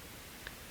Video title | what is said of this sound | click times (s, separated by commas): Small ROC Pump Reassembly | you'll hear it click into place | 0.5 s